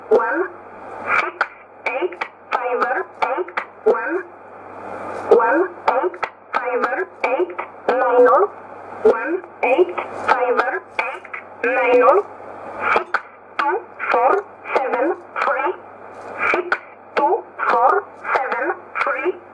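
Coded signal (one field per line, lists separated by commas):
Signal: numbers station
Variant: E11 Oblique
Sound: short, evenly spaced spoken words in a narrow radio voice, about two per second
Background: radio static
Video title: 03 03 2015 Numbers station E11 1304 on 15632 USB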